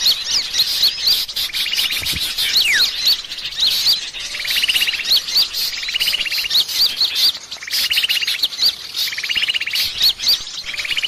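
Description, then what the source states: Bird calls layered continuously: repeated upslurred chirps and buzzy trills recurring every couple of seconds, over a steady background hiss. Lure recording, 'pikat 1000 burung', a lure presented as the calls of a thousand birds.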